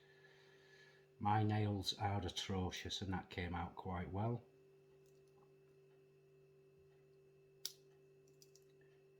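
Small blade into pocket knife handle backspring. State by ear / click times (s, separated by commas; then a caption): seated / 7.7 s. Someone talks, then the small steel blade of a Victorinox Spartan Swiss Army Knife, a slip-joint pocket knife, is opened fully against the handle's backspring. It snaps into its open position with a sharp click at 7.7 s, followed by two faint ticks. The blade does not lock, but it seats with a clean little snap.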